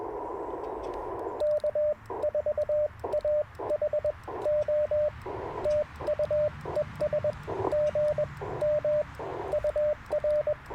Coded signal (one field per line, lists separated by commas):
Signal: Morse code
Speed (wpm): 21 wpm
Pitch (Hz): 590 Hz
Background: radio noise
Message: K 4 A H O TU ES G M UR